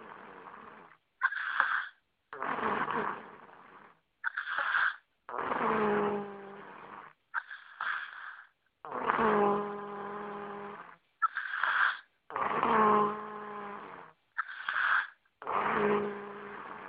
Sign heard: Snoring Kid.